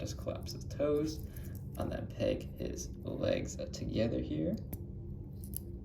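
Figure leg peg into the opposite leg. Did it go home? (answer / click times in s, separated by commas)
yes / 5.6 s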